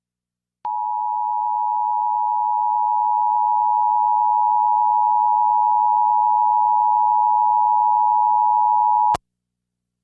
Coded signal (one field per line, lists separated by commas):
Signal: Emergency Alert System (SAME) tones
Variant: 853 and 960 Hz attention tone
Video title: Washington D.C. EAS: Required Monthly Test (3/20/24) #radio #eas #easalert